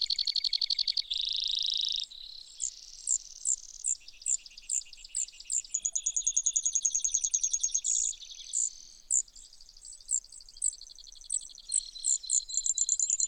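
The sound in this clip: Brewer's sparrow delivering a long chain of buzzes and fast trills at several pitches, interspersed with brief high chip notes.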